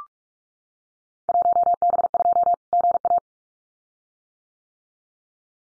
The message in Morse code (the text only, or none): 1B2 GA